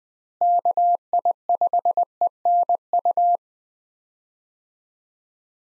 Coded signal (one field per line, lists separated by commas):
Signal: Morse code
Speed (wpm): 20 wpm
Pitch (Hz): 700 Hz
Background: none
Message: KI5ENU